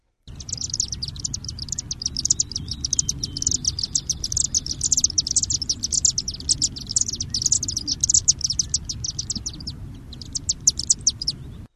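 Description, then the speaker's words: Chimney swift calls: rapid, high chippering ticks in fast irregular bursts, continuing for about eleven seconds over a low steady background rumble. Recorded in West Virginia; a rapid chippering sound likened to Morse code. "This is the chimney swift. It was recorded in West Virginia."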